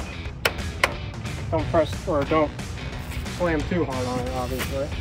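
Plastic retaining clips on a grille shroud are pressed into the front end of a 2018-2020 F-150 after the shroud is shimmied into place. Two sharp snaps are heard at 0.5 s and 0.8 s as the clips seat home, followed by someone talking, with the warning given not to slam too hard on it.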